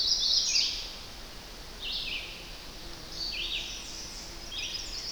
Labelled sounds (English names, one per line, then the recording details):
Red-eyed Vireo song
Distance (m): 45 m
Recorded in boreal forest in Alberta, Canada, on 10 June 2016 at 07:52
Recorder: SongMeter 3, array SBT-3-39
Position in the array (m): 198 m, 115 m